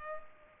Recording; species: mosquito wingbeat signal from an infrared sensor; Culex pipiens